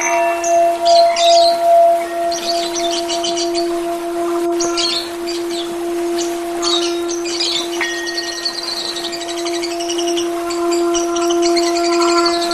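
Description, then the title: Oriental magpie-robin song, quick rattling trills and bright whistled notes repeated in lively bursts, with a constant low hum throughout. "Kicau Kacer"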